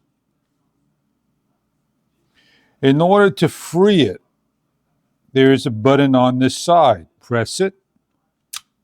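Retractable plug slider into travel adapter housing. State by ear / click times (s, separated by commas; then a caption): seated / 8.6 s. Someone talks while pressing the release button on the side of a plastic CACTECHS International Universal Travel Adapter (4 USB, 1 Type C) and sliding the retractable plug prongs back into the housing. A short, sharp click at 8.6 s marks the slider snapping back in and seating fully in place.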